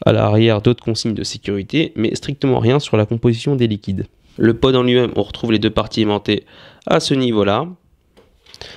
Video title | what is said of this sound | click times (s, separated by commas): Vype ePen 3 de BAT Review Test | vient se clipser d'un sens ou de l'autre au niveau de l'appareil voilà | 8.5 s, 8.6 s